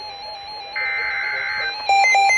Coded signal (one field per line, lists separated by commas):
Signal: Emergency Alert System (SAME) tones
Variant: header bursts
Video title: EAS Alerts From July 9, 2025!